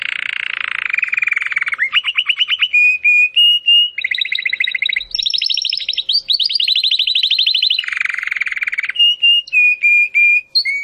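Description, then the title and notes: Domestic canary song, a rapid chain of buzzy trills and rolling phrases, shifting between low and high pitches with brief steady whistled notes between them. Belgian canary, Campainha, singing. "Canário Belga Campainha Canary Singing. Canario Belga Cantando"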